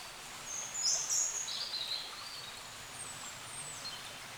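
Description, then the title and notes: Birds singing in short high twittering phrases near the start, with faint scattered chirps later over a steady soft hiss. Forest birds along a small branch of the Dordogne at the exit of Carennac, France; recorded with a Zoom H5 and XYH-5 microphone. "Carennac - Oiseaux de la Dordogne. Oiseaux Loire forêt Carennac. A la sortie de Carennac, le long d'un petit bras de la Dordogne, les oiseaux dans la forêt Zoom H5 + XYH-5"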